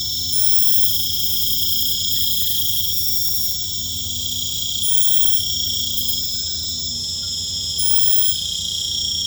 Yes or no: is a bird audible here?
no